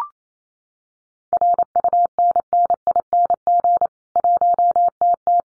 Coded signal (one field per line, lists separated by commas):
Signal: Morse code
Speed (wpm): 28 wpm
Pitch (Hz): 700 Hz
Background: none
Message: RUNNING 1TT